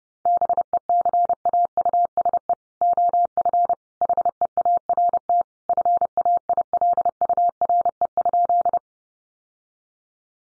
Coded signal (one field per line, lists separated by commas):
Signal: Morse code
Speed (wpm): 30 wpm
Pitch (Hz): 700 Hz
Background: none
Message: BECAUSE OF HEART FAILURE?